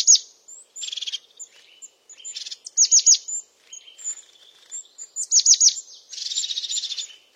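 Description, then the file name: European crested tit singing high, rapid descending notes alternating with dry rolling purrs and thin whistles, sounds packed closely with brief gaps. "Canto do chapim de crista"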